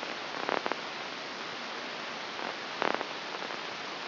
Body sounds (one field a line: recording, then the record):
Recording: brain microelectrode recording played as sound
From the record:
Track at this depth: inside the subthalamic nucleus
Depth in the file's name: 1.937 mm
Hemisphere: left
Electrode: 3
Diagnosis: Parkinson's disease